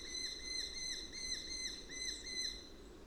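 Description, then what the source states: Eurasian hobby calling a steady run of sharp whistled notes, roughly three each second, against a constant noisy background. Calls from an adult perched in a tree.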